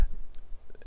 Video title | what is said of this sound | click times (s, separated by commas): Firearms 101 - Action Types | have to manually pull the hammer all the way back you'll hear a couple clicks two or three clicks and | 0.3 s, 0.7 s, 0.8 s